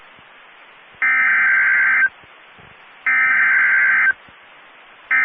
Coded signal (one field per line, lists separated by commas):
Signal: Emergency Alert System (SAME) tones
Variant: header bursts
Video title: Severe Thunderstorm Warning (EAS 1848) 5/16/22